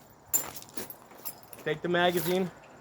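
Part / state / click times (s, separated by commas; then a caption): magazine into pistol grip / not seated / none. During a loading drill, a magazine is handled for insertion into the grip of a compact Glock 43 pistol with its slide locked open, and someone talks. Brief handling knocks and rattles are heard around 0.6, 0.7, 0.9 and 1.5 seconds. Nothing has seated or clicked yet, as the clip ends just before the magazine goes home.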